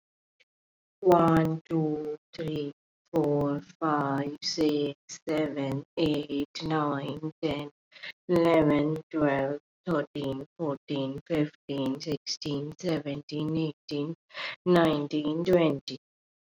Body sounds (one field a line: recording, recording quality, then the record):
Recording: counting at a normal pace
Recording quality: excellent, no background noise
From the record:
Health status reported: COVID-19 positive, mild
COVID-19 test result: positive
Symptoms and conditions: cough, fever, fatigue, muscle pain, loss of smell and taste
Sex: female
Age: 27 years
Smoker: not ticked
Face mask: not worn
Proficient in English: yes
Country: India